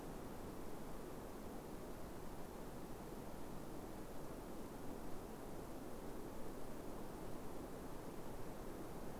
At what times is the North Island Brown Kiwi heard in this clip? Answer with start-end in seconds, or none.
none